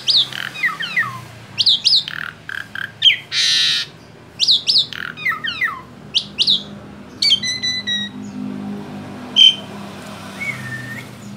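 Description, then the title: Asian pied starling song with scattered squawks, downslurred whistles and harsh buzzy notes, separated by gaps over a steady low hum. Training recording (masteran) of Asian pied starling song for teaching cage birds. "Masteran Jalak Suren"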